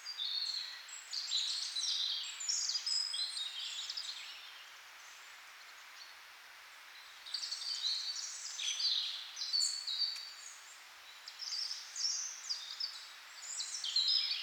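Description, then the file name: Birds singing in bursts of quick high twitters and whistles, a quieter stretch around the middle, then the song resumes. "melodiez vogels"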